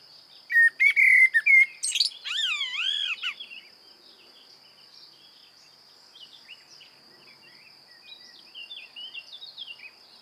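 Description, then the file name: Common blackbird gives a loud fluty phrase with a squeaky flourish, then quieter warbling phrases continue softly for several seconds over a steady high hum. "Turdus merula"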